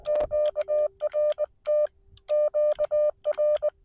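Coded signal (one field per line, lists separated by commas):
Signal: Morse code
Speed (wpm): 20 wpm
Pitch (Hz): 600 Hz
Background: none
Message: QRT QR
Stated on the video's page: CW park activation using a Xiegu X6100 on 20 metres with an end-fed half-wave antenna.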